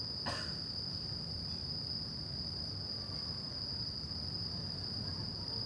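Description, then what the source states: Crickets give a steady, high, continuous trill throughout, with a brief click near the start and a low rumble of traffic underneath. Crickets at night in Shinjuku Gyoen Park, Shinjuku, Tokyo, Japan; recorded with DPA 4060 AB microphones into a Deity PR-2.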